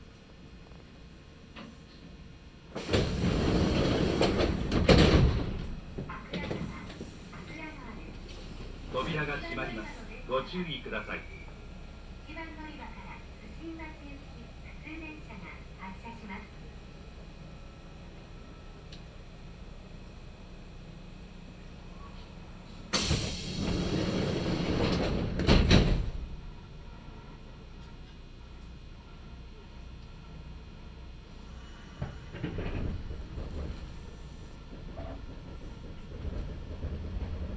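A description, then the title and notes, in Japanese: Onboard a Kintetsu Nagoya Line local train running from Kawagoe-Tomisuhara to Shiohama, a steady low rumble runs throughout. Two loud rushing bursts come at about 3–5 and 23–26 seconds, with voices and chiming tones between them and a rising hum near the end. 近鉄名古屋線各駅停車 川越富洲原→塩浜。車内はほぼガラガラです。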